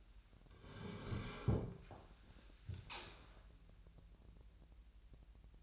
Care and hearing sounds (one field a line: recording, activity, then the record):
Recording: daily activity, microphone in the room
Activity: sit down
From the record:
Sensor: 2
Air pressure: 1001.4 hPa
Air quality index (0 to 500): 240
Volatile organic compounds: 73 ppm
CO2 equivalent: 3548 ppm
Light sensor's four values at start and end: 9/21/9/9 and 11/25/11/11